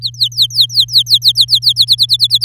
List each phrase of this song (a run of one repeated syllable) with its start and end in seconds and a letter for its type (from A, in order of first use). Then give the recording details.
0.01-1.73 A, 1.76-2.44 B. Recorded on 6 May 2018 at 05:49. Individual llb16